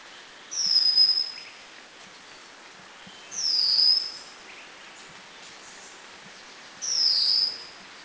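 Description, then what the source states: White-crowned forktail calls: three long, thin, very high shrill whistles, each sliding slightly downward, spaced about three seconds apart over steady background hiss. Northern Thailand.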